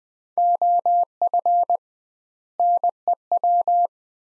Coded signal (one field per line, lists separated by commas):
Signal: Morse code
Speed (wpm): 20 wpm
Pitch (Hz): 700 Hz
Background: none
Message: OF NEW